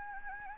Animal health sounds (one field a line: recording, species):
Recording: mosquito wingbeat signal from an infrared sensor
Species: Anopheles gambiae